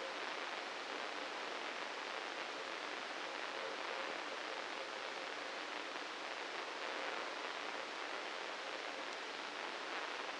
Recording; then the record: brain microelectrode recording played as sound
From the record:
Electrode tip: inside the subthalamic nucleus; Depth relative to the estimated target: -1 mm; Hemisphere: right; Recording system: NeuroSet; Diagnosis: Parkinson's disease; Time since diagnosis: 9 years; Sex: male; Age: 61 years